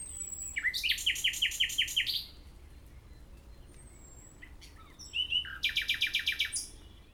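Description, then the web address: Common nightingale song: two bursts of rapid, evenly repeated loud notes, each about a second and a half long, separated by softer single notes. "SETE data Luscinia megarhynchos"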